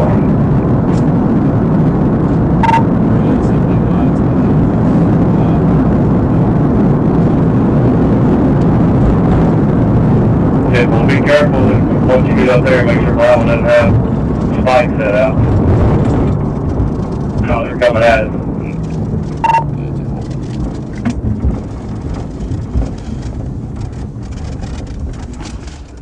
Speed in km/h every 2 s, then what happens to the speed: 151, 151, 150, 155, 155, 140, 118, 98, 79, 64, 48, 29, 0.
0-8 steady at about 151. 8-24 brakes to 0.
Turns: none.